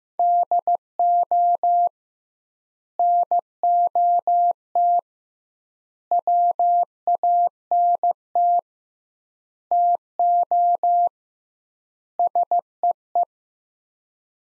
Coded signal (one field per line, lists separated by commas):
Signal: Morse code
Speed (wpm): 15 wpm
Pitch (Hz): 700 Hz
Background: none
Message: DO NOT WANT TO SEE